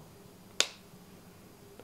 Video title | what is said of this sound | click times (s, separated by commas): 6만원대 펜디오 고글 - 변색렌즈포함 도스클립포함 렌즈3가지를 드립니다 | 소리 나죠? 이렇게게 딸깍하고 깨워져야 정확히 깨어진게 | 0.6 s